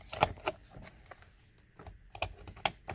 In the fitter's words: push them back a little bit they're held in place by a little piece of plastic and then we set the air bag right inside pops